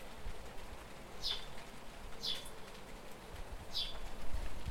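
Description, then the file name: House sparrow calling three brief, bright chirps at uneven gaps against noticeable low rumbling background noise. "Passer domesticus"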